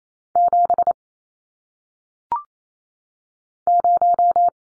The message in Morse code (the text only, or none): 7 0